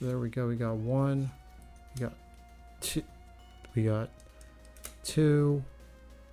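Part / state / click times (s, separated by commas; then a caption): plastic building-toy piece into a Bionicle-style figure / not seated / none. A plastic building-toy piece is being handled and pressed onto a Bionicle-style figure while someone talks, with a few faint, quick plastic ticks around 4.4 to 4.9 s. The clip ends before the piece goes home, so nothing has seated or clicked yet.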